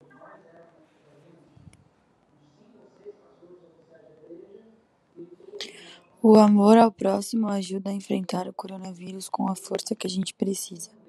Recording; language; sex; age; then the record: spoken sentence; Brazilian Portuguese; female; 20 to 29 years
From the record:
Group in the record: control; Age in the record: 23 years